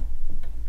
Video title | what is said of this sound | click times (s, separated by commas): Baby Lock Sashiko quilting techniques with Richard Tharp Episode 1 | and I'm gonna turn it in a counterclockwise direction, and you'll hear it click right there. | 0.4 s